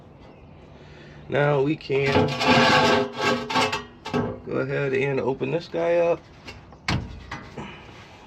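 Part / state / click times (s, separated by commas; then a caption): fuel filter drain valve in the filter housing / released / 6.9 s. Someone talks while the drain valve on the fuel filter housing of an F250 diesel truck is turned open by hand. A loud, sharp click at 6.9 s marks the valve reaching its first detent and releasing, before it is turned the rest of the way.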